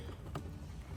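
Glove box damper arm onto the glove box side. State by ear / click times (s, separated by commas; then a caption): seated / 0.4 s. The plastic damper arm of a Lexus RX 350 (2016-2022) glove box is pushed back onto the side of the refitted glove box, taking care not to break the plastic. Against a low background rumble, a short, sharp click is heard at 0.4 s as the arm hooks in. The damper is seated.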